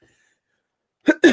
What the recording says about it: So every now and then I still get the dry cough and the tickle in the throat. The fever hung around and hung around and hung around, and I finally kicked that loose, I think, on Sunday.